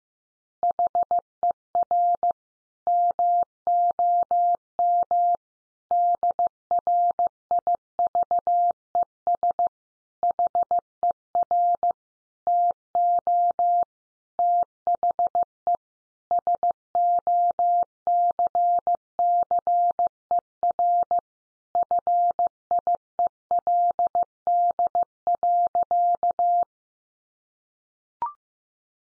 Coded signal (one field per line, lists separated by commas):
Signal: Morse code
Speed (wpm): 15 wpm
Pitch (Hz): 700 Hz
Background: none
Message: HER MOM DRIVES HER TO THE SOCCER FIELD.